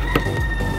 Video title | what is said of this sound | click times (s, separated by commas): VIDEOKE SET NA PAMBAHAY AT SOUNDS NA MALUPET, BOUND TO BOHOL FROM TARLAC, POWERED BY CROWN SPEAKER | Yan. Kapag narinig niyo tumunog na, ibig sabihin nag-lock na siya. | 0.2 s